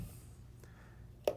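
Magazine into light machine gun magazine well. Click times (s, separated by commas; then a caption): 1.3 s. A steel box magazine is pushed into the magazine well of a Chatellerault M24/29 light machine gun and locks in place with a sharp metallic click at 1.3 s, which makes the magazine release button pop up. A faint tick is heard earlier at 0.6 s, and the magazine ends up seated.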